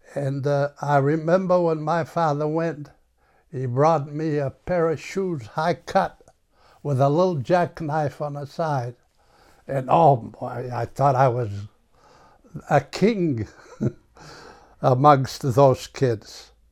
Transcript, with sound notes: And I remember when my father went, he brought me a pair of shoes, high cut, with a little jackknife on the side and oh, my, I thought I was a king ( he laughs ) amongst those kids.